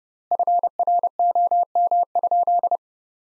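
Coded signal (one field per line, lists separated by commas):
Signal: Morse code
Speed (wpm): 30 wpm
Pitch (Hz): 700 Hz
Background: none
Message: FROM?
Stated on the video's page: Morse practice sentences from the top 200 words at 30 wpm with three times standard word spacing.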